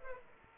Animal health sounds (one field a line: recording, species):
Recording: mosquito wingbeat signal from an infrared sensor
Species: Aedes aegypti